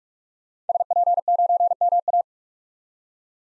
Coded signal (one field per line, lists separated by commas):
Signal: Morse code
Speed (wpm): 46 wpm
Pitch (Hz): 700 Hz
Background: none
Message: SP9MA